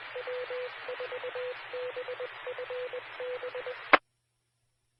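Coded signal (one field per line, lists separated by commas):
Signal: Morse code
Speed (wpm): 21 wpm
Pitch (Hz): 500 Hz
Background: radio noise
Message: W4BFB E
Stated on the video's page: Morse ident of a Skywarn repeater on 145.23 MHz.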